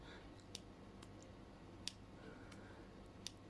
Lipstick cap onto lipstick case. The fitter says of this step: It has a nice click as you close it.